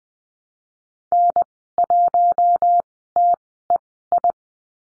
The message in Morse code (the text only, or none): N1TEI